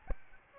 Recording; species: mosquito wingbeat signal from an infrared sensor; Aedes albopictus